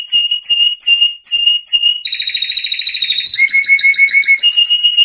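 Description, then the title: Canary with five evenly spaced whistled notes, then a rapid rolling trill, a second trill on a lower pitch, and short repeated chirps. Canary singing prolifically (gacor) with full, varied song (full isian); masteran training recording for caged lovebirds, white-rumped shamas (murai batu), canaries and green leafbirds (cucak ijo). "Masteran Kenari Gacor Full Isian Untuk Lovebird, Murai Batu, Kenari, Cucak Ijo"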